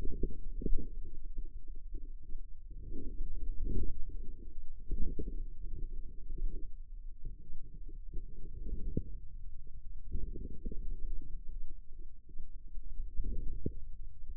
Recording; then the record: forearm muscle sounds (acoustic myography)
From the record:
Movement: wrist flexion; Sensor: system 2, bracelet of six BSWA MPA416 microphones around the upper forearm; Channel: 5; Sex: female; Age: 25 years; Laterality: right